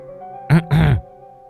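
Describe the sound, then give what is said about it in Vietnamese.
A woman clears her throat in two quick bursts, a short hem followed by a longer, rougher one, over a faint steady hum. “Anh đưa đẩy cái cối say thì đằng sau lưng của anh có tiếng của bà Hai hắng giọng.”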